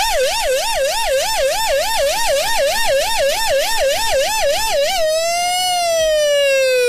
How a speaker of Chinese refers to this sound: 然后这是这个特警喜欢用的警笛